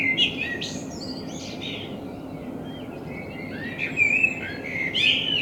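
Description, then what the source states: Common blackbird: high squeaky notes, a pause, then a warbled phrase with squeaky notes, low hum behind. Binaural recording with a self-built dummy head, in front of the recordist's window; intended for headphone listening.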